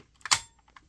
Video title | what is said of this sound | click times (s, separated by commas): Takara Brave The Gaogaigar | you'll just insert them and they'll click you can hear the spring detent | 0.3 s